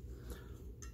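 A drop-in LED upgrade bulb is pressed into the reflector housing and socket of a DeWalt DW919 "snake light" work light. A soft hit sounds at 0.3 s, then a sharp, brief click at 0.8 s as the bulb pops into place and seats.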